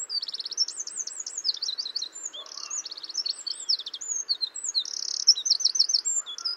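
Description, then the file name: Eurasian wren singing a continuous, fast stream of shrill trills, rattles and tinkling notes with no break. "Troglodytes troglodytes"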